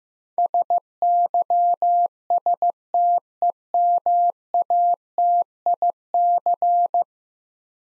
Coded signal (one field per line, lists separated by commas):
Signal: Morse code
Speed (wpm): 16 wpm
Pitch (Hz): 700 Hz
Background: none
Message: SYSTEMATIC